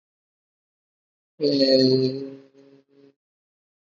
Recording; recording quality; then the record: sustained vowel as in made; excellent, no background noise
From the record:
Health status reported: healthy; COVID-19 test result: negative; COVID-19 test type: rapid antigen test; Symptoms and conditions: cough, fatigue, diarrhoea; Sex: male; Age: 25 years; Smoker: no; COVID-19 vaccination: both doses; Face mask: worn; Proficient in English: yes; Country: India